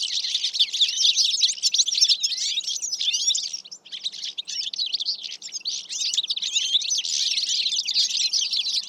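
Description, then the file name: European goldfinch twittering, dense overlapping tinkling and buzzy notes that run almost continuously, with a brief lull near the middle. "Carduelis carduelis"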